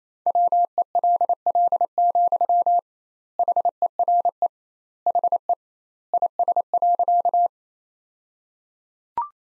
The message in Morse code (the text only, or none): WELL, HERE HE IS.